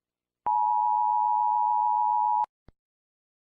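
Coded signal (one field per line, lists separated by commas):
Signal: Emergency Alert System (SAME) tones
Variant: 853 and 960 Hz attention tone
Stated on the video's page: Fictional scenario alert using tones with sound effects from online sources, not a real broadcast.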